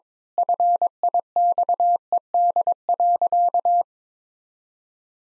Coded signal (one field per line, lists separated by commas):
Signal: Morse code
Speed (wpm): 22 wpm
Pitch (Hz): 700 Hz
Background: none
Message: FIXED.